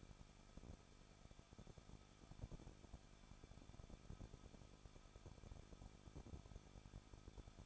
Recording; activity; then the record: daily activity, microphone in the room; no activity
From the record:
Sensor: 5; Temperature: 20.9 degrees Celsius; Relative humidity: 38.2%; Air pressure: 1006.5 hPa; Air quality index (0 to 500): 187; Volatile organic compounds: 18 ppm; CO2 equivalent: 2626 ppm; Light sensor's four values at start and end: 2/3/1/1 and 2/3/1/1